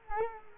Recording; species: mosquito wingbeat signal from an infrared sensor; Culex quinquefasciatus